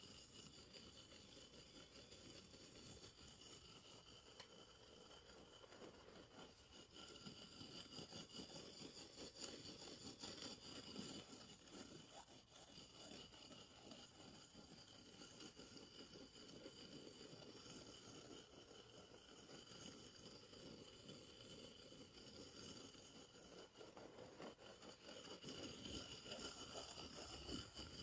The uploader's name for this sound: ASMR tapping and scratching (no talking) wood cork cardboard